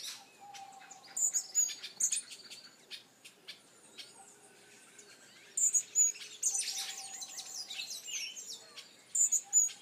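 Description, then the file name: Hummingbird giving thin, very high chip notes in short bursts throughout, with softer notes between them. "Colibri"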